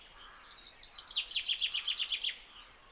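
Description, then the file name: Common chaffinch song: one cheerful phrase of repeated notes dropping in pitch, closing with a brief high flourish, against faint background noise. "Fringilla coelebs"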